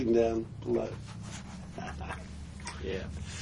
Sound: chuckle